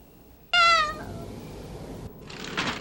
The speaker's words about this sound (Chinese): 你如果再叫的话，就会被妈妈发现的。赶快回家去，听见没有？啊，好厚脸皮的猫。 我家不能够养猫啊，我妈妈最讨厌猫了，不可以的。